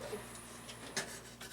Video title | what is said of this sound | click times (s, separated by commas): Can we get this Dirty 2007 Desktop Computer to Run Windows 11? | So you hear a nice little click. We're getting it in there. | 1.0 s